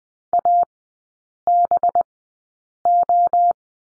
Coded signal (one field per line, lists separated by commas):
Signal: Morse code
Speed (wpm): 20 wpm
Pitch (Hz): 700 Hz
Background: none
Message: ABO